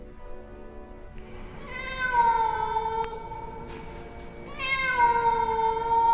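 A black cat sitting across the street meows twice, long drawn-out cries with a rising then falling pitch, fairly loud over a low background rumble, with no one talking.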